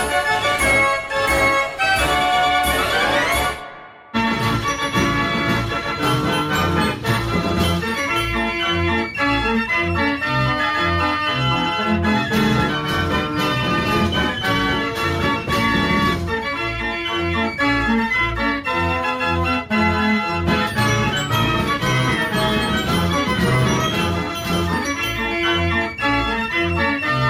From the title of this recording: Fair Organ